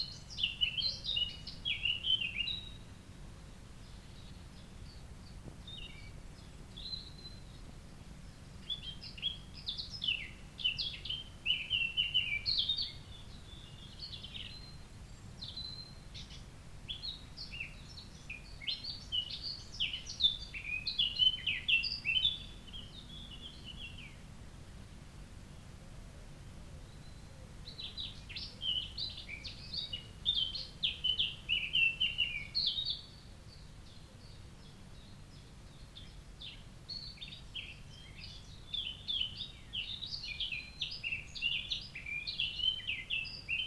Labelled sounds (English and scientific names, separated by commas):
Eurasian Blackcap (Sylvia atricapilla) song